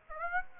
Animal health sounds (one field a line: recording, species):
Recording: mosquito wingbeat signal from an infrared sensor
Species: Aedes aegypti